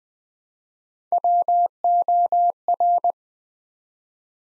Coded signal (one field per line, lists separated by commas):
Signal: Morse code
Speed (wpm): 20 wpm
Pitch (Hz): 700 Hz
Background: none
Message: WOR